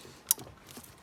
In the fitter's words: there we go do until you hear a click it's a good idea to uh